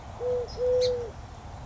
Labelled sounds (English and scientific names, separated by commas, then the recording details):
Eurasian Collared Dove (Streptopelia decaocto)
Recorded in Sonoma County, California